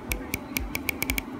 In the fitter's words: definitive click so